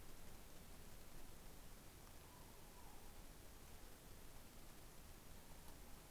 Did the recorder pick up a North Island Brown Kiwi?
no